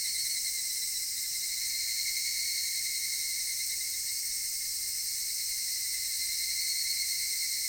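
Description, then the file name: Cicadas droning in a dense, unbroken chorus, a steady high buzz with a strong tone layered over broad hiss, unchanging for the whole stretch. Cicadas recorded in Japan. "Cigales nippon"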